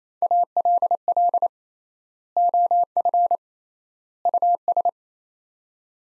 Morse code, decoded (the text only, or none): ALL OF US